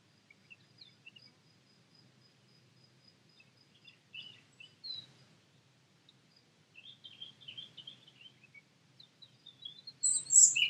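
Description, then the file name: European robin song: scattered thin high notes over a steady faint ticking, then a warbled run of twittering phrases and a loud high burst at the close. "Erithacus rubecula"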